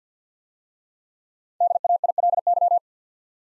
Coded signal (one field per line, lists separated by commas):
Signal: Morse code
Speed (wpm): 50 wpm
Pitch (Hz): 700 Hz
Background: none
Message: DAILY